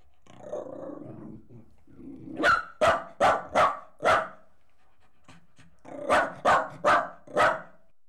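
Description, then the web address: Dog barking: some low sounds first, then a burst of five sharp barks, a pause, and four more barks. Jack Russell Terrier crossed with a Corgi, recorded while leaping. "BBC Sound Effects Library - Horses Dogs Jack Russel Corgi Cross Leaping"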